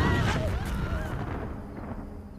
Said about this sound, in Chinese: 万籁俱寂，山林都沉睡。突然轰的一声巨响，是爆炸声，尖叫从身后炸开。